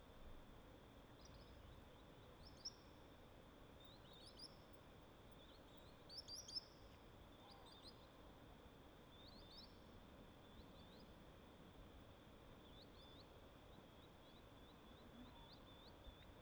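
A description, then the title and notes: Dusk at Bayley's Lake: a steady low hum of wind-like noise runs throughout beneath a constant thin high whine. Short, bright bird chirps break in every few seconds, clustering around the sixth second and returning near the end. Little Pend Oreille National Wildlife Refuge, Bayley's Lake at dusk. Bayley's Lake is calm, flat, and sheltered by tall canyon walls.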